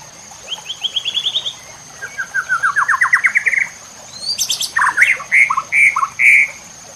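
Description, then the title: White-rumped shama song: a rapid stuttering series of rising notes, then louder, richer whistled phrases with sharp high clicks, over a faint continuous hum. Cage-bird training (masteran) recording. "MASTERAN MURAI BATU LABAIK"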